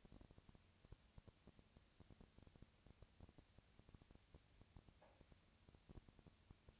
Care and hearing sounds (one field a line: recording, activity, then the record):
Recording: daily activity, microphone in the room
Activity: no activity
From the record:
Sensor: 2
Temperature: 20.3 degrees Celsius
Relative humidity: 37.0%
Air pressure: 998.7 hPa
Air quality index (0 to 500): 236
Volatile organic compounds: 38 ppm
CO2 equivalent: 3110 ppm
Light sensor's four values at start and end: 2/3/2/2 and 2/3/2/2